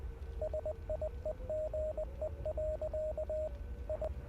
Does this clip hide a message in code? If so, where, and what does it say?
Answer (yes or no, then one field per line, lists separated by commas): yes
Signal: Morse code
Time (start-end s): 0.4-4.1 s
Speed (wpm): 20 wpm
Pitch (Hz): 620 Hz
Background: radio noise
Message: SIEGE. I